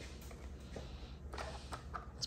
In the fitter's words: push it down till it snaps there you go it snapped in the front and back